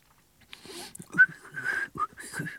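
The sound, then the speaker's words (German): Someone whistles a short, uneven little tune, a few breathy notes rising and falling at moderate loudness, with soft vocal sounds mixed in. “Können Sie pfeifen?”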